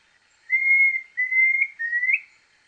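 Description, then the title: Planalto tyrannulet song: three clear whistled notes near the same pitch, the last rising slightly at its end, on a silent background. Subspecies brevirostris. "LuckyPassaro Completos2Sama. Planalto Tyrannulet (Phyllomyias fasciatus brevirostris)"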